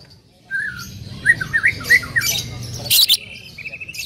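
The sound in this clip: Bird calls: short squeaky chirps in quick succession and a harsh, noisy squawk over a low background hum.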